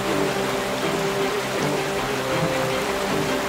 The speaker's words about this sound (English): So Dave left the witch's home and went towards the great river. The river flowed strong, powerful, and scary.